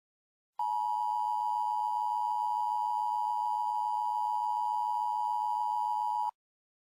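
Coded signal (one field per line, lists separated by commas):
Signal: Emergency Alert System (SAME) tones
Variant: 853 and 960 Hz attention tone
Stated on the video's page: Homemade, simulated emergency broadcast alert made for prank videos, using text-to-speech.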